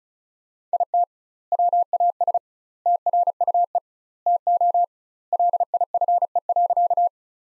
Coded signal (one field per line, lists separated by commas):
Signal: Morse code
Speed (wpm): 34 wpm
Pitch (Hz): 700 Hz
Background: none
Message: IT WAS TRUE TO LIFE.